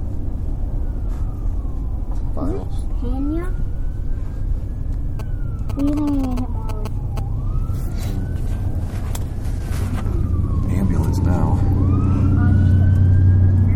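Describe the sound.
An ambulance siren wails in slow, rising and falling sweeps over a steady low rumble, while people talk over it.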